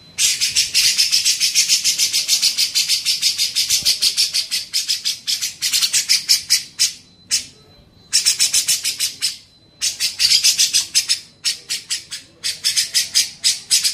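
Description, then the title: Grey-cheeked bulbul chattering in rough, rapid buzzy notes, delivered in several bursts separated by brief silences. Masteran training song used to teach songbirds. "MASTERAN CUCAK JENGGOT"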